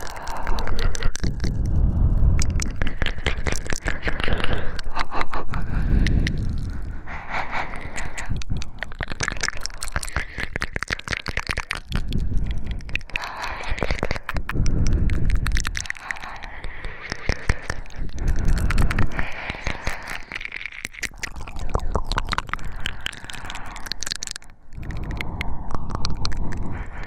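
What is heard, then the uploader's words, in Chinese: Wet mouth sounds and heavy, rough breathing continue throughout, with dense clicks and smacks crowding together almost without pause. Deep breathy swells rise and fall every few seconds, and a brief quieter gap comes near the 25-second mark. 口腔音吸耳 喘粗气声。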